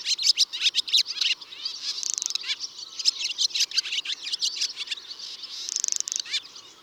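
Barn swallow singing, a fast continuous twitter of high chirps and scratchy buzzy notes throughout.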